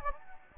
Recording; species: mosquito wingbeat signal from an infrared sensor; Anopheles gambiae